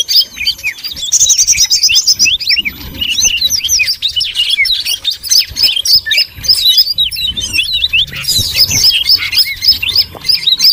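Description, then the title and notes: Birds twittering in a loud, restless run of curling, squeaky whistles. Noisy bird chatter, used as a lure to attract birds. "Master Burung Ribut Durasi Panjang. Burung Ribut Pikat"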